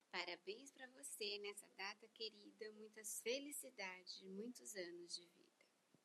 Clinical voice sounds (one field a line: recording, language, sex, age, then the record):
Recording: short text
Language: Brazilian Portuguese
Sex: female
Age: 50 to 59 years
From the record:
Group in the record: control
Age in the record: 55 years